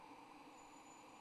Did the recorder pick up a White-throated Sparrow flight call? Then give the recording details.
no. No flight call is heard. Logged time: 05:56 on 25 November 2014